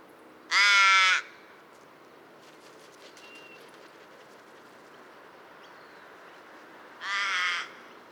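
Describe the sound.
Bird giving two harsh, drawn-out nasal calls, one near the start and another several seconds later, with quiet background between.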